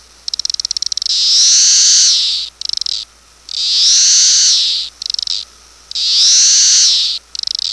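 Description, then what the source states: Cassin's periodical cicada: a loud, harsh buzz that swells and fades, each followed by a short burst of rapid ticks, repeated about every two and a half seconds. Magicicada cassini, periodical cicada, recorded in Michigan.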